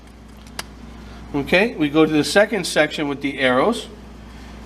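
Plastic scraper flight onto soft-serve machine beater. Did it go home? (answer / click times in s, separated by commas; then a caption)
yes / 0.6 s. A plastic flight (scraper blade) is pressed onto its arrow-marked section of a Gel Matic soft-serve machine's beater and snaps into place with a sharp click at 0.6 s. A fainter tick comes just before it at 0.5 s. Someone then talks over a low steady hum.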